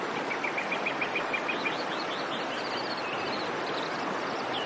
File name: nightingale